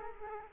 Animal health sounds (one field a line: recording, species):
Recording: mosquito wingbeat signal from an infrared sensor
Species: Culex quinquefasciatus